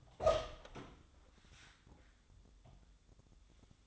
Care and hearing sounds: daily activity, microphone in the room; open door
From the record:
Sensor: 3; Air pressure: 1004.8 hPa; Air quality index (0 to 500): 76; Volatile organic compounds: 2 ppm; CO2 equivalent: 1149 ppm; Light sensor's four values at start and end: 8/19/8/7 and 8/19/8/7

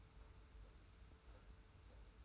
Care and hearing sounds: daily activity, microphone in the room; take from stove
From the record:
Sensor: 2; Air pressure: 991.0 hPa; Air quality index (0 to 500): 111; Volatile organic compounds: 52 ppm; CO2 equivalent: 3322 ppm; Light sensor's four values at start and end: 34/102/40/38 and 34/102/40/38

